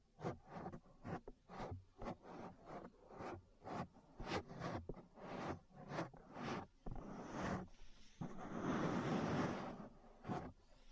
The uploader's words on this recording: ASMR Relaxing Ear Massage. (No Talking).